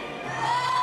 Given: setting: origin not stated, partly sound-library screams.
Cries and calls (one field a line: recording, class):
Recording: one-second piece from a danger detection set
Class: woman in danger